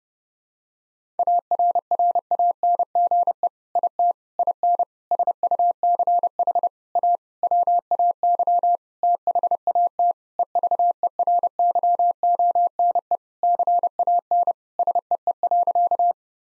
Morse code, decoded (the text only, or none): ARRANGE IT IN SUCH A WAY THAT EVERYONE CAN SEE.